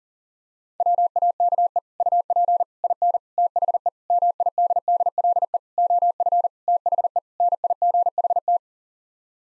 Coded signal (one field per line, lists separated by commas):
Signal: Morse code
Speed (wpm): 40 wpm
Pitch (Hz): 700 Hz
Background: none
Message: WAKE UP IN THE MIDDLE OF THE NIGHT